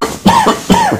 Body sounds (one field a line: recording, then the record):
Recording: coughing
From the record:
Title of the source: Spring Allergy Coughing